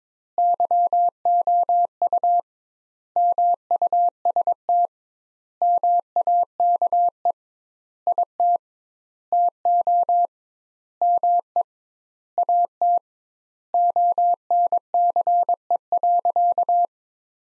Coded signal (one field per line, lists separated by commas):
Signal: Morse code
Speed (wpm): 22 wpm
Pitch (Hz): 700 Hz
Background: none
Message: YOU MUST MAKE IT TO ME AT ONCE.